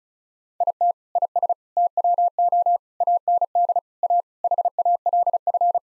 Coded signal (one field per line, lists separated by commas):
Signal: Morse code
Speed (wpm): 34 wpm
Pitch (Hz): 700 Hz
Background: none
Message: IT IS TWO AND A HALF